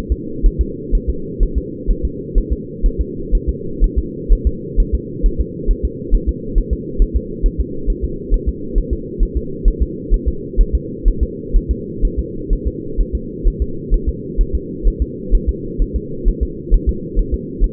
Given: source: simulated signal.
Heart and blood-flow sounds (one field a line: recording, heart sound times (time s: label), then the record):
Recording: fetal heart sounds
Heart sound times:
0.12 s: S2
0.46 s: S1
0.61 s: S2
0.95 s: S1
1.09 s: S2
1.43 s: S1
1.58 s: S2
1.91 s: S1
2.05 s: S2
2.38 s: S1
2.53 s: S2
2.86 s: S1
3.01 s: S2
3.35 s: S1
3.49 s: S2
3.84 s: S1
3.98 s: S2
4.33 s: S1
4.47 s: S2
4.80 s: S1
4.95 s: S2
5.26 s: S1
5.41 s: S2
5.71 s: S1
5.85 s: S2
6.15 s: S1
6.29 s: S2
6.58 s: S1
6.73 s: S2
7.02 s: S1
7.16 s: S2
7.46 s: S1
7.60 s: S2
7.90 s: S1
8.04 s: S2
8.34 s: S1
8.49 s: S2
8.78 s: S1
8.93 s: S2
9.23 s: S1
9.37 s: S2
9.68 s: S1
9.82 s: S2
10.14 s: S1
10.28 s: S2
10.61 s: S1
10.75 s: S2
11.08 s: S1
11.23 s: S2
11.56 s: S1
11.71 s: S2
12.05 s: S1
12.19 s: S2
12.53 s: S1
12.67 s: S2
13.00 s: S1
13.15 s: S2
13.47 s: S1
13.62 s: S2
13.94 s: S1
14.09 s: S2
14.41 s: S1
14.55 s: S2
14.88 s: S1
15.02 s: S2
15.35 s: S1
15.49 s: S2
15.82 s: S1
15.96 s: S2
16.28 s: S1
16.43 s: S2
16.74 s: S1
16.89 s: S2
17.19 s: S1
17.34 s: S2
17.64 s: S1
From the record:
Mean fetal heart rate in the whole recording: 130 bpm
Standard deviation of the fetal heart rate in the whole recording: 4 bpm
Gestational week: 38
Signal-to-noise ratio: -4.3 dB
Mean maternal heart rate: 72 bpm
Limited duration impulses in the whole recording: present